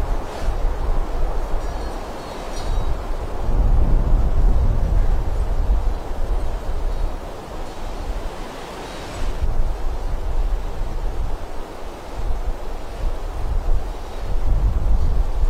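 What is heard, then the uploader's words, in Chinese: Wind blows through a forest in a steady low roar, swelling in gusts around four, ten and fifteen seconds, easing between them. 森林间的风。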